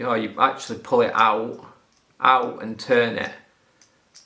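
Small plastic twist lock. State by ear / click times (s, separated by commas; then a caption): seated / 3.8 s, 4.2 s. Someone talks while pulling out and twisting the release button on an Ulanzi F38 camera quick release base. Two small clicks follow at 3.8 s and 4.2 s as the safety lock button twists into its locked position. The button is locked in place.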